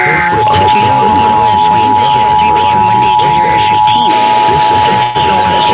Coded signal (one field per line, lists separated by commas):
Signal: Emergency Alert System (SAME) tones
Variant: 853 and 960 Hz attention tone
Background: speech